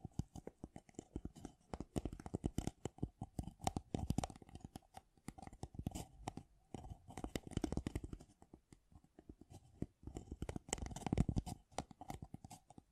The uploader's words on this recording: ASMR Great Tapping Sounds for Sleep (No Talking).